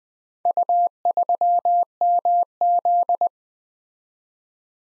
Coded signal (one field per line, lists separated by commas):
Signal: Morse code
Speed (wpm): 20 wpm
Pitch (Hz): 700 Hz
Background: none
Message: U3MZ